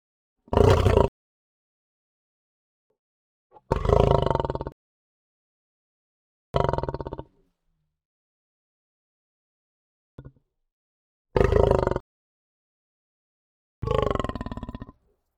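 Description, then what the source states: Lion growling in five harsh, broad rasping bursts spaced a few seconds apart, with silence between and one brief faint grunt. Tense growl.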